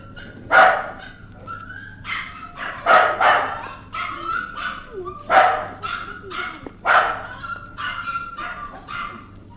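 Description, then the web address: Dog giving loud sharp barks spaced a second or two apart, with softer yelps and whining tones between them and an intermittent low hum. Dogs barking, breed unknown. "Sound Effects-BBC Dogs"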